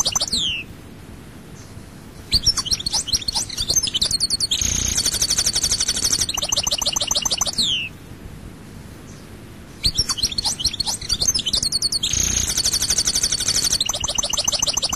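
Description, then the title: European goldfinch song: rapid liquid twittering phrases with buzzy trills and tinkling notes, delivered in two long bursts separated by a pause. "Chant Chardonneret"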